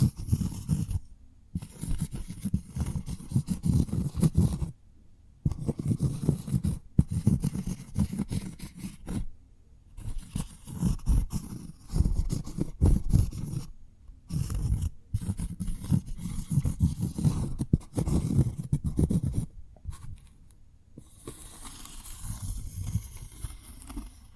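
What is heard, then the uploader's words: Cork triggers make soft, dense rubbing and squeaking bursts with low body, broken by brief silences every few seconds, ending in lighter crackle. ASMR Cork Triggers. (No Talking).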